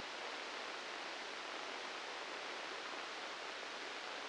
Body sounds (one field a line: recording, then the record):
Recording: brain microelectrode recording played as sound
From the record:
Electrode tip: inside the subthalamic nucleus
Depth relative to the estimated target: -1 mm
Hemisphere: left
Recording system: NeuroSet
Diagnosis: Parkinson's disease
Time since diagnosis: 19 years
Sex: female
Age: 69 years